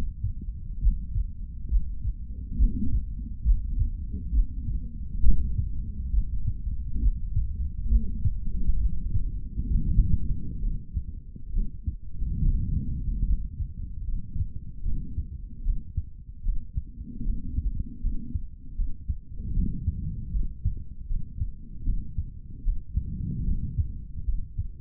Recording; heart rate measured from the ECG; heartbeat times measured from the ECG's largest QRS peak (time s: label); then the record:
heart sounds by stethoscope; 72 bpm
0.80 s: heartbeat
1.68 s: heartbeat
2.56 s: heartbeat
3.43 s: heartbeat
4.31 s: heartbeat
5.21 s: heartbeat
6.11 s: heartbeat
7.00 s: heartbeat
7.88 s: heartbeat
8.78 s: heartbeat
9.68 s: heartbeat
10.61 s: heartbeat
11.52 s: heartbeat
12.41 s: heartbeat
13.25 s: heartbeat
14.05 s: heartbeat
14.83 s: heartbeat
15.63 s: heartbeat
16.43 s: heartbeat
17.24 s: heartbeat
18.01 s: heartbeat
18.76 s: heartbeat
19.54 s: heartbeat
20.32 s: heartbeat
21.07 s: heartbeat
21.84 s: heartbeat
22.63 s: heartbeat
23.45 s: heartbeat
24.25 s: heartbeat
From the record:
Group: healthy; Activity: Valsalva maneuver 0-11 s, rest 11-25 s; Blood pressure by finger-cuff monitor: 109/84 mmHg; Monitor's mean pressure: 93 mmHg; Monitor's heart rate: 68 bpm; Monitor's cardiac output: 3.1 L/min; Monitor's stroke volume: 46 mL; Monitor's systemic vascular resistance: 2230 dyn s/cm5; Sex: male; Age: 55 years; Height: 167 cm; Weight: 57.2 kg